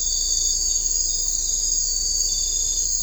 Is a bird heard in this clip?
no